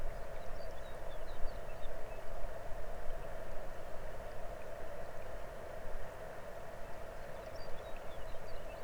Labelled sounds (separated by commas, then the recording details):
songbird, water
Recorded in the Arctic National Wildlife Refuge, Alaska, on 22 May 2019 at 00:31
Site 33